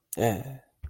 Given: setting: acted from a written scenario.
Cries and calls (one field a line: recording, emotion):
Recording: vocal sound without words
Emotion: pride